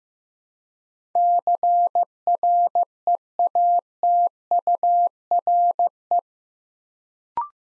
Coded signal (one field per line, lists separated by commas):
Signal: Morse code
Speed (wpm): 15 wpm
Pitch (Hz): 700 Hz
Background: none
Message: CREATURE